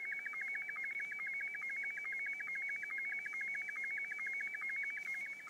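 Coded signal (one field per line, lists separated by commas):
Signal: SSTV (slow-scan television)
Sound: high steady whistle with rapid regular chirping dips, about ten per second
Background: radio static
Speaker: there's a perfect signal coming from uh what i think is n3j effects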